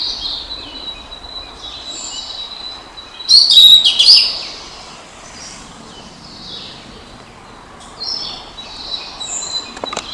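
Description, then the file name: Blue-and-white flycatcher song: a few high whistled phrases with a sharper burst near three to four seconds, then softer whistles later over faint background hiss. Recorded 3 May 2016. "20160503 ooruri"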